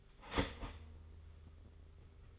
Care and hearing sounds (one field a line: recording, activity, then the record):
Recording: daily activity, microphone in the room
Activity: start toaster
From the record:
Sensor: 4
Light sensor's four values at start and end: 20/62/23/23 and 18/56/21/21